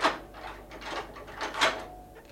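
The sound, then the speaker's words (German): A heavy door in a tower is unlocked with keys and swung open, with a series of scraping, clunking bursts and a faint metallic ring trailing between them. “Wo ist die Türe? Ebenso leicht sprengt Belzebub die Tore des Himmels als du diese. Diese Schlüssel verlachen die Vorsicht der Hölle.”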